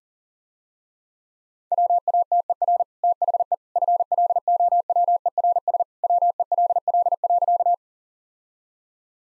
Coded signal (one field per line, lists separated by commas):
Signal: Morse code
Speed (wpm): 40 wpm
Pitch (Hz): 700 Hz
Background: none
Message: WATER THE FLOWERS WELL.